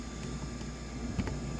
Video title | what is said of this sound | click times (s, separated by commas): 2013 Mini Cooper base hatchback R56 new fuel pump replacement and oil change tutorial | And you'll hear a nice little click. There we go. Nice and neat. | 1.3 s